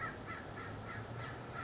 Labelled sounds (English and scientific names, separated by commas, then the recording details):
American Crow (Corvus brachyrhynchos)
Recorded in Sonoma County, California